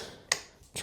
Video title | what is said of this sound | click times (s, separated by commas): Rabaconda Tire Changer First Attempt - DIY Motorcycle Maintenance | turns and locks into place. And it is too low. | 0.3 s